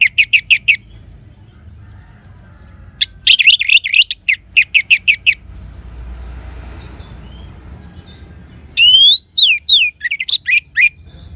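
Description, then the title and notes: Orange-headed thrush singing: bursts of rapid, sharp, high chirps, with a noisy pause midway, then loud sweeping whistled notes and more quick chirps. "anis_merah_1. Kicau Burung Anis"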